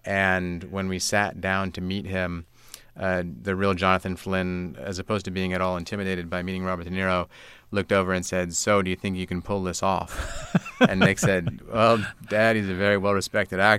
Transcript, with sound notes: And when we sat down to meet him, the real Jonathan Flynn, as opposed to being at all intimidated by meeting Robert De Niro, looked over and said: So, do you think you can pull this off?
(SOUNDBITE OF LAUGHTER)
And Nick said: Well, dad, he's a very well-respected actor,